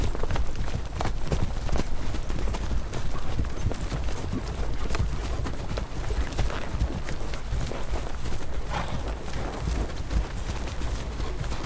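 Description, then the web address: Horse hooves clopping continuously, a thick mass of footfalls from a large group moving at a walk, with a constant low rumble. Fifty horses walking by. "Hollywood Edge Historical Series War Horses Armies Weapons 50 Horses Walk By"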